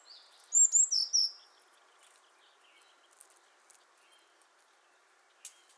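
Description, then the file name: Eurasian blue tit: a brief high phrase of sharp, sliding notes at the start, then only faint chirps and a single later click-like note. "Cyanistes caeruleus"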